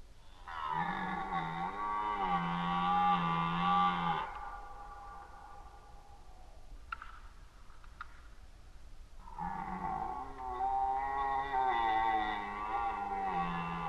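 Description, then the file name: Red deer roaring: two long, deep, harmonic bellows of about four seconds each, separated by a quiet gap with faint clicks. Recorded during the rut, 2011. "rykowisko 2011"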